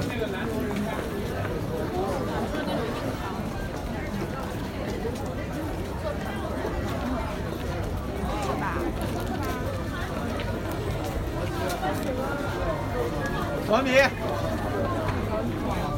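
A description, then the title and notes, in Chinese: Crowd sounds from Nanluoguxiang: a steady, dense babble of many overlapping voices with no single speaker standing out. Level stays even throughout, with a faint low rumble underneath. Near fourteen seconds a brief sharp clatter cuts above the chatter. 声音来自南锣鼓巷。南锣鼓巷是一条胡同，位于北京中轴线东侧的交道口地区。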